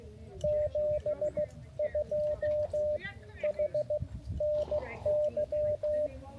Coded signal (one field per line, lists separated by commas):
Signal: Morse code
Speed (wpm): 16 wpm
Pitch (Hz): 600 Hz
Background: speech, radio noise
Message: 72 HNY